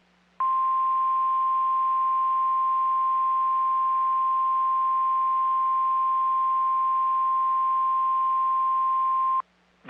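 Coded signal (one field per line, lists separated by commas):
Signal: Emergency Alert System (SAME) tones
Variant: 1050 Hz attention tone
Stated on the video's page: Flash flood warning on NOAA Weather Radio for Virginia.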